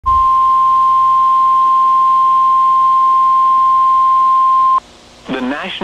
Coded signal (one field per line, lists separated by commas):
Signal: Emergency Alert System (SAME) tones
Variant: 1050 Hz attention tone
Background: speech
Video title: (EAS#68) Severe Thunderstorm Warning